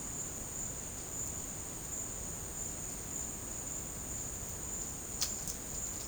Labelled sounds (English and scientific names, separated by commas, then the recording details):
none
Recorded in dense forest near Puerto Asís, Putumayo, Colombia, on 23 June 2025 at 11:30
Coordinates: 0.486, -76.317
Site G065